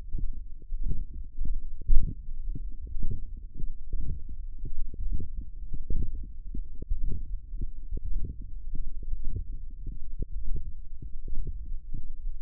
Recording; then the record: forearm muscle sounds (acoustic myography)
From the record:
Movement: wrist extension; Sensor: system 1, eight BSWA MPA416 microphones around the upper forearm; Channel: 8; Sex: male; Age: 23 years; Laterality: right